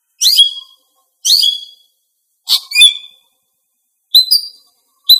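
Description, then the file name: Greater green leafbird call notes: separate sharp, high downslurred chips given roughly once a second with silence between. Female bird. "cucak ijo betina"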